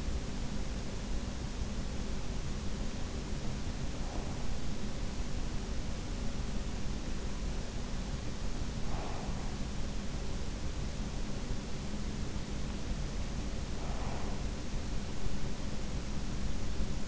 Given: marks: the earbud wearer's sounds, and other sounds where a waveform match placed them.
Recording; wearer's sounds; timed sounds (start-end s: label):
sounds in sleep by an in-ear microphone; breath
3.77-4.91 s: breath
8.77-9.68 s: breath
13.68-14.65 s: breath